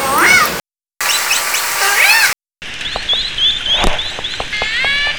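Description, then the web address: Orca whistles and calls, rising and falling tonal sweeps with harmonics, cut by brief silent gaps, with clicks over a background hiss. "Learning Orca Calls"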